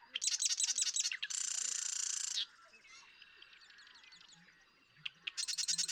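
Marsh Wren song: a rapid stuttering trill, then a dense buzzy rattle of about a second, and another rattle starting at the end.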